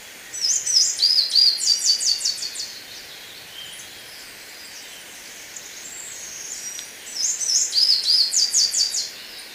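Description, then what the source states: Tricolored brush-finch giving two bursts of rapid, high, sharp notes with sliding whistles, separated by a pause, over constant background hiss. Ecuador.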